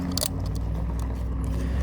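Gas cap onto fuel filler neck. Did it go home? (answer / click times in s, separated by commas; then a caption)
yes / 0.2 s. A plastic gas cap on a 2014–2018 Mazda Mazda3 is screwed onto the fuel filler neck over a steady low engine-like hum. Its torque-limiting ratchet clicks sharply at 0.2 s and 0.2 s, confirming the cap is tight, followed by a few faint taps.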